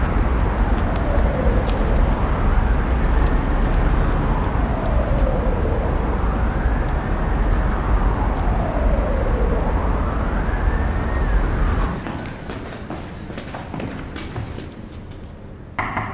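Dense, steady street traffic rumble with a siren wailing up and down in slow cycles; around twelve seconds the roar abruptly drops to a quieter hiss with a few sharp clicks.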